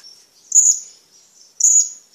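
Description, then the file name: Hanging parrot giving high, thin sibilant calls, two bright buzzy notes about a second apart, with soft faint twittering between them. "suara burung serindit"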